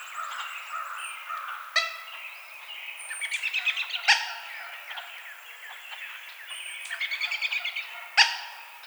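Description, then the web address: Cooper's hawk giving two fast bursts of harsh, evenly pulsed cackling notes, among sharp clicks and assorted chirps of other birds in the background. Recorded on 22 March 2007. "Coopers Hawk 2007 03 22 Coopers Hawk"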